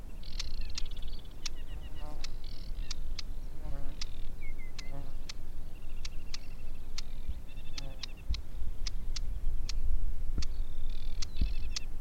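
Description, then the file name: Aquatic warbler song with sharp repeated clicks, rapid rattling trills and a few lower stuttering notes, continuing throughout against constant low-pitched background noise. "Aquatic Warbler - Acrocephalus paludicola"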